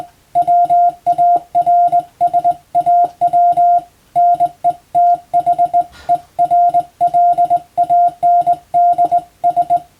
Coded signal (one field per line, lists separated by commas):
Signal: Morse code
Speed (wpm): 20 wpm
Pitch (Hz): 700 Hz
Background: none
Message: WARSAW NETHERLANDS